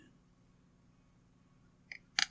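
A plastic choke linkage rod is popped out of its snap-in socket on the carburetor linkage of a Husqvarna 334T chainsaw. Against a quiet low background, a small click comes at 1.9 s, then a sharper, louder snap at 2.2 s. The rod comes free and is released from the linkage.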